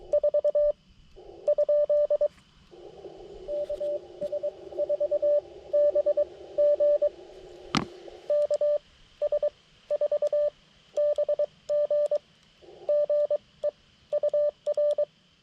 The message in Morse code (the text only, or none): 4? KS4BG KS4BG GE UR